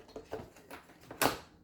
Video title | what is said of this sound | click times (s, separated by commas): Lindhaus Upright Vacuum Cleaner Overview and Troubleshooting | you can hear it lock in place | 1.2 s